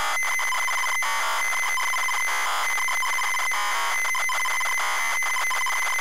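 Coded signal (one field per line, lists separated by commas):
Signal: ZX Spectrum tape loading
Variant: ZX Spectrum +3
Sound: harsh, rasping, warbling data screech with shifting buzzy tones throughout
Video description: ZX Spectrum load up and quick game play of Knight Tyme loaded up using a zx spectrum +3 with a wh smith cpd8300 cassette player.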